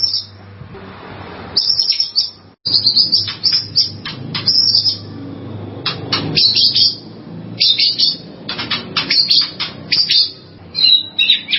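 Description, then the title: White-rumped shama song of sharp high chips and scratchy bursts in irregular clusters, with brief pauses between phrases over a faint low hum. "murai batu"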